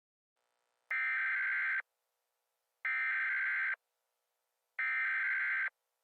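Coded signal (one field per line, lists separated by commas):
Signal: Emergency Alert System (SAME) tones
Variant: header bursts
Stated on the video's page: Fictional Emergency Alert System scenario for a Honolulu tsunami; a simulated alert, not real.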